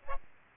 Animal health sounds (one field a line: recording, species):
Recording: mosquito wingbeat signal from an infrared sensor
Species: Aedes albopictus